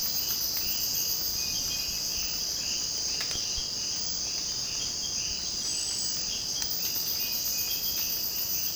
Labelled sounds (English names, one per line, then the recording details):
none
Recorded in secondary vegetation near Puerto Asís, Putumayo, Colombia, on 25 June 2025 at 05:30
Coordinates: 0.484, -76.319
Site G074